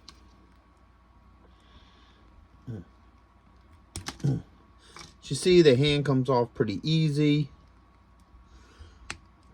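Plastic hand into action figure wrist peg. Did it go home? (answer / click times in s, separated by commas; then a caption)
yes / 9.1 s. A swappable plastic hand is pushed back onto the wrist peg of a NECA TMNT comic Foot Clan action figure from the 2016 NYCC executive box set. Someone talks while a few faint clicks sound around 4.0 s. The hand then pops in with one sharp snap at 9.1 s and is seated with no issues.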